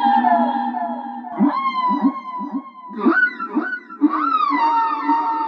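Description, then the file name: Whale song: drawn-out tonal moans with rich overtones over a series of low pulsed grunts, with some swooping notes. "song of the whales"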